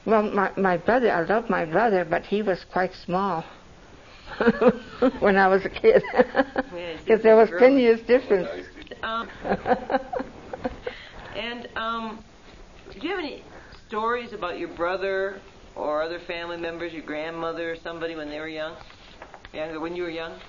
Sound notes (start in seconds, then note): 4.3 laughs; 8.1 laughs